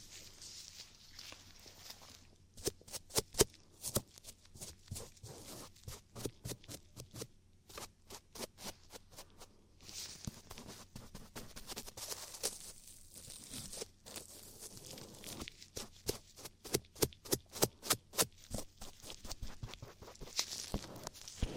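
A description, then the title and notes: Ear cleaning with rapid, crisp scratching clicks in irregular bursts, dense around the middle and end, over a faint steady low hum. ASMR Ear Cleaning For Deep Relaxation & Tingles [ NO TALKING ].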